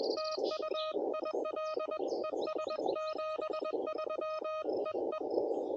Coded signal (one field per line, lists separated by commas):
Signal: Morse code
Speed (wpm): 21 wpm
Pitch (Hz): 1250 Hz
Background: music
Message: TU ILES 73 EE